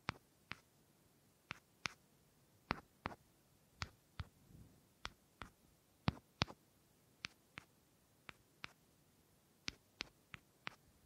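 Wood triggers: sharp, crisp taps on wood, arriving singly or in quick pairs roughly every half second to a second throughout. Between taps it is nearly silent, apart from a soft low rustle around the middle.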